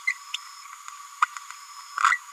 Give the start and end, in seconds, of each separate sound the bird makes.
0.07-0.13, 0.34-0.37, 1.21-1.26, 2.03-2.18